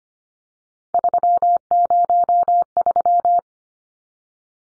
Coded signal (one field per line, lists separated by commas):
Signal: Morse code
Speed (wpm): 25 wpm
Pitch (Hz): 700 Hz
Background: none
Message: 303